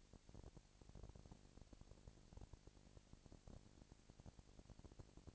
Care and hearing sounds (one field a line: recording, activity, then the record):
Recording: daily activity, microphone in the room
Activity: no activity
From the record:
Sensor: 5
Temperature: 20.1 degrees Celsius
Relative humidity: 38.2%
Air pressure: 998.9 hPa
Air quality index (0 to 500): 218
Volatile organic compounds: 24 ppm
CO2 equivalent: 2805 ppm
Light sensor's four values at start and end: 2/3/1/1 and 2/3/1/1